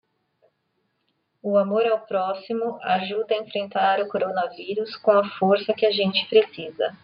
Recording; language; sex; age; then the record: spoken sentence; Brazilian Portuguese; female; 30 to 39 years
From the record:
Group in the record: control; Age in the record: 33 years